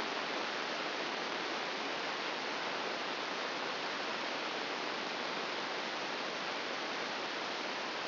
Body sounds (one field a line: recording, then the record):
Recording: brain microelectrode recording played as sound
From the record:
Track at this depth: outside the subthalamic nucleus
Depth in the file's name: 6.898 mm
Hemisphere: left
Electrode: 2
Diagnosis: Parkinson's disease